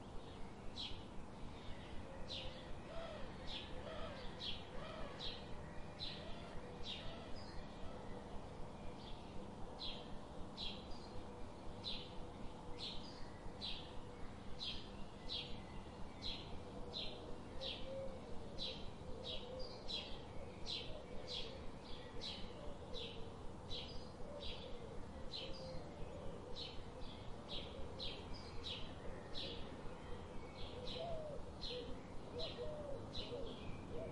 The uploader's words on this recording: Birds relaxing sounds.